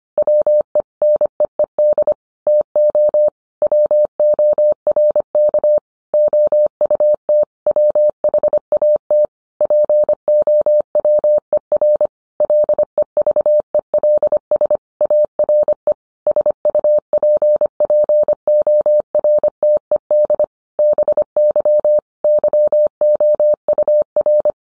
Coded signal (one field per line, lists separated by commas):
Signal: Morse code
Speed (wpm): 25 wpm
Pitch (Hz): 600 Hz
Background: none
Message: WE NEED TO WORK OUT WHAT POWER LEVELS ARE SUPPORTED BY YOUR